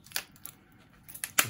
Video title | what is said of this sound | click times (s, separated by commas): Review - BenQ ScreenBar - It's lit! | it clicks into place you just twist and slide it until the usb port | 1.2 s, 1.4 s